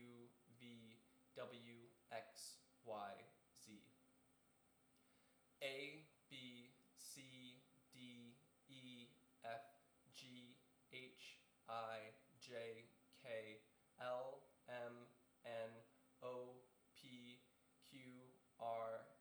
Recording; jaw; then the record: letters of the alphabet, spoken; free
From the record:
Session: seven days later